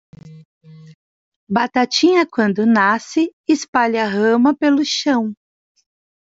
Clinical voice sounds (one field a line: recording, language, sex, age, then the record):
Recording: short text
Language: Brazilian Portuguese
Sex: female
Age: 40 to 49 years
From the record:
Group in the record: control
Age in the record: 49 years